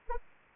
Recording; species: mosquito wingbeat signal from an infrared sensor; Anopheles arabiensis